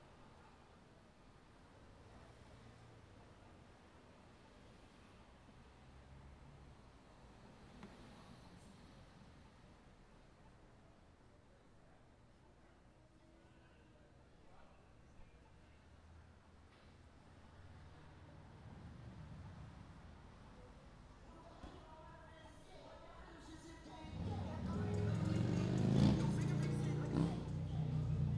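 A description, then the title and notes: Street ambience on a slightly busy city sidewalk, with a steady low traffic rumble and faint murmurs of passing voices. Around twenty seconds the sound swells, and from about 24 seconds a loud, thumping car stereo with pulsing bass dominates until the end. City sidewalk.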